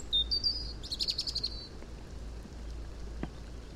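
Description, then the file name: European robin song, a short high phrase of thin whistles ending in a rapid trill, followed by steady background hiss. "Erithacus rubecula"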